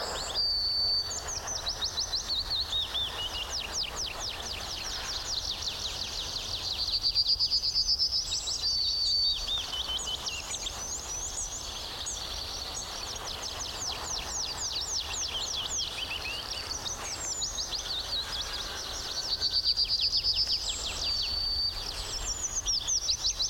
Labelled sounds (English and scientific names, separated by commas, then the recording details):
Yellowhammer (Emberiza citrinella)
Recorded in the wild
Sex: male
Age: adult
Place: Berlin Blankenfelde, Berlin, DE
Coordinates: 52.626, 13.392
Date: 1993-04-20 11:00
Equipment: Sony WM-D6C, Sennheiser ME 80, K 30 AV, Kopie Tascam 22-2
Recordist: Quaisser, Christiane